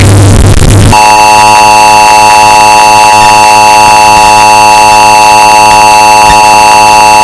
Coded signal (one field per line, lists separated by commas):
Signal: Emergency Alert System (SAME) tones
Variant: 853 and 960 Hz attention tone